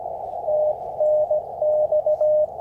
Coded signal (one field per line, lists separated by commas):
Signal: Morse code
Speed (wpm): 15 wpm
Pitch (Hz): 610 Hz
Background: none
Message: TNX